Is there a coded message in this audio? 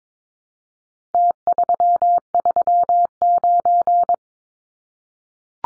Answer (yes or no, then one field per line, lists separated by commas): yes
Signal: Morse code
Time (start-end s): 1.1-4.1 s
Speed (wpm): 22 wpm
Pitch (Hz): 700 Hz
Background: none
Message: T339